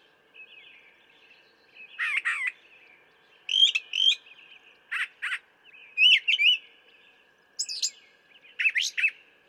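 Brown thrasher song with harsh and whistled phrases, each usually doubled, separated by short pauses, over a faint steady high hum.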